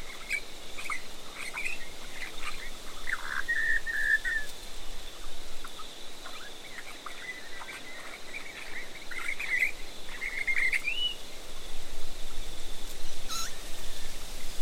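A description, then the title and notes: Birds call through a river red gum forest in the outback, with short chirps and thin whistled phrases scattered across the clip, busiest between four and eleven seconds. A steady high insect-like hiss runs underneath throughout, and a sharp bright call stands out near thirteen seconds. River Red Gum Forest In The Outback. An oasis in the desert, near White Cliffs.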